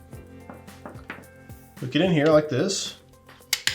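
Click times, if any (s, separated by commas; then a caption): 3.5 s, 3.7 s. A breakout cable connector is pushed into the port of a Verifone MX925 payment terminal while someone talks, with faint taps and handling noise in the background. The connector seats with two loud, sharp clicks at 3.5 and 3.7 seconds.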